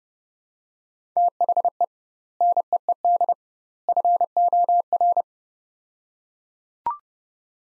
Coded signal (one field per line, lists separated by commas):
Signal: Morse code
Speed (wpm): 30 wpm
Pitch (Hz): 700 Hz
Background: none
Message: THE NEED FOR